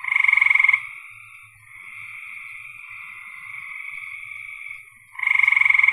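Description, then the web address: Frog calls: loud rapid pulsed trill at the start and again at the end, with a softer continuous trilling chorus between. "cn frogs"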